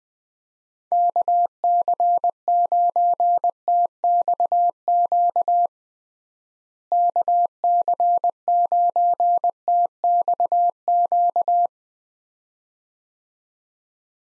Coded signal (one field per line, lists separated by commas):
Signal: Morse code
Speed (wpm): 20 wpm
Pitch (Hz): 700 Hz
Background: none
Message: KC9TXQ KC9TXQ